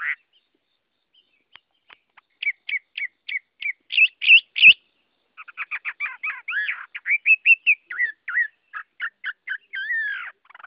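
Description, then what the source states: Chinese hwamei song: rapid series of short repeated notes rising in volume, then a dense jumble of chattering and whistled notes. Song sung in the forest style called giọng rừng.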